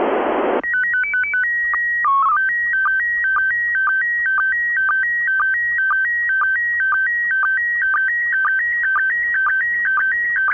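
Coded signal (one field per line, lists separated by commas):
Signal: SSTV (slow-scan television)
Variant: PD 120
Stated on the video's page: SSTV images from the International Space Station, received on an Icom IC-705, either fed straight to a computer or recorded in the radio.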